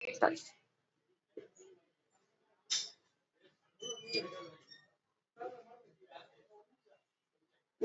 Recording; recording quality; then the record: deep breathing; poor, much background noise or distortion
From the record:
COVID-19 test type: RT-PCR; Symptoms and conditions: cough, cold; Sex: female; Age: 58 years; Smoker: no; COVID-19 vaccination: both doses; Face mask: worn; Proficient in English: yes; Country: India